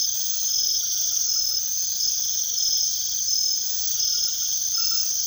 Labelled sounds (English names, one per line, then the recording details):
none
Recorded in secondary vegetation near Puerto Asís, Putumayo, Colombia, on 18 February 2024 at 03:00
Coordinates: 0.500, -76.326
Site G6428